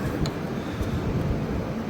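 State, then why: Not seated. During a starter replacement on a 2017 Dodge Durango GT AWD 3.6L V6, a plastic electrical connector with a red locking tab is being pushed slowly onto the starter/engine wiring harness. A steady low rumbling noise fills the clip, with one brief sharp tick at 0.3 s. The connector has not clicked or seated yet.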